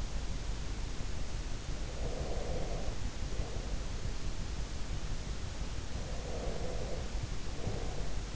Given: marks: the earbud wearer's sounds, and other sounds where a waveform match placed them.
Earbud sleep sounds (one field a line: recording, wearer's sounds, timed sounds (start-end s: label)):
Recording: sounds in sleep by an in-ear microphone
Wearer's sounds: breath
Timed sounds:
1.93-4.17 s: breath
6.09-8.36 s: breath